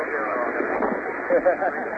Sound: b.g. laughter